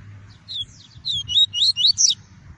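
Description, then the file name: Double-collared seedeater giving a quick series of six or seven sliding whistled notes, ending on a higher note, over a steady low hum. Song of the "tui-tui" variety. "canto do papa capim tui tui"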